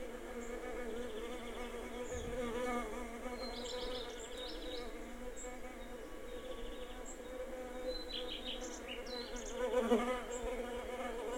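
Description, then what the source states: Bees giving a steady buzzing drone, with short chirping bird notes above it. Bees and birds in a garden.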